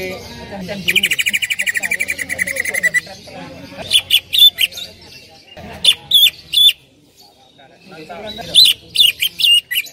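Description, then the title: Greater green leafbird delivers a rapid downward-sliding trill, then bursts of sharp high chip notes in short clusters, with faint lower chatter beneath. Female calling to a male, described as very vocal and persistent. "CUCAK IJO BETINA GACOR HIPER MEMANGGIL JANTAN"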